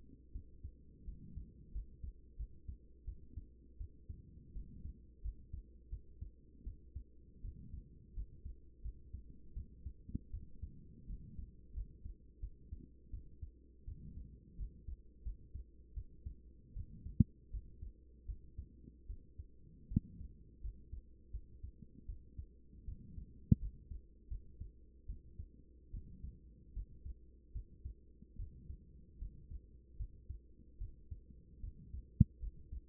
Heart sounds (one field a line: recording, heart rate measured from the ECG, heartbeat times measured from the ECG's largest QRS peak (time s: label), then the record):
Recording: heart sounds by stethoscope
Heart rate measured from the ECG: 80 bpm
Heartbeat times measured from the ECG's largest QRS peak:
0.32 s: heartbeat
1.05 s: heartbeat
1.72 s: heartbeat
2.37 s: heartbeat
3.05 s: heartbeat
3.78 s: heartbeat
4.53 s: heartbeat
5.22 s: heartbeat
5.90 s: heartbeat
6.64 s: heartbeat
7.42 s: heartbeat
8.14 s: heartbeat
8.82 s: heartbeat
9.54 s: heartbeat
10.31 s: heartbeat
11.07 s: heartbeat
11.74 s: heartbeat
12.40 s: heartbeat
13.11 s: heartbeat
13.85 s: heartbeat
14.57 s: heartbeat
15.23 s: heartbeat
15.94 s: heartbeat
16.74 s: heartbeat
17.51 s: heartbeat
18.26 s: heartbeat
19.07 s: heartbeat
19.88 s: heartbeat
20.61 s: heartbeat
21.31 s: heartbeat
22.06 s: heartbeat
22.85 s: heartbeat
23.59 s: heartbeat
24.28 s: heartbeat
25.06 s: heartbeat
25.91 s: heartbeat
26.73 s: heartbeat
27.52 s: heartbeat
28.36 s: heartbeat
29.19 s: heartbeat
29.97 s: heartbeat
30.78 s: heartbeat
31.61 s: heartbeat
32.40 s: heartbeat
From the record:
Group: healthy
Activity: rest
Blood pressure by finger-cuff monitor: 141/68 mmHg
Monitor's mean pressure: 89 mmHg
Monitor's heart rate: 81 bpm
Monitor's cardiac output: 8.1 L/min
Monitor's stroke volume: 97 mL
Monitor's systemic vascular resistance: 820 dyn s/cm5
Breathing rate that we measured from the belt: 19 breaths a minute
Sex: female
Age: 24 years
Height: 163 cm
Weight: 55.7 kg